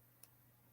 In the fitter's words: so this is the post and then this is the backing it just clicks right into there